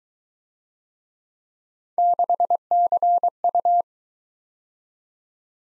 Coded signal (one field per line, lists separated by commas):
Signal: Morse code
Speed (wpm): 23 wpm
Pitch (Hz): 700 Hz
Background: none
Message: 6CU